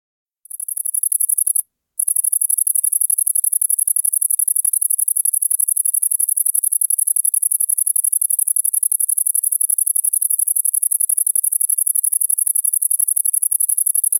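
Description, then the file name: Great green bush-cricket: a very high rapid buzzing starts up, stops briefly after a second, then resumes as a long steady rattle. "Tettigonia viridissima"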